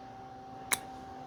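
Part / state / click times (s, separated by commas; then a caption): inlet needle seat into carburetor body / seated / 0.7 s. A rubber/Viton inlet needle seat is rocked into position and pressed into a Tecumseh carburetor body with a seating tool, snapping into place with one sharp, short click at 0.7 s over a quiet background with a steady faint hum. The tool is then pulled out cleanly, the seat is double-checked, and it is confirmed seated and good.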